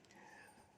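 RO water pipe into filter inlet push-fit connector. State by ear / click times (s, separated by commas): seated / 0.1 s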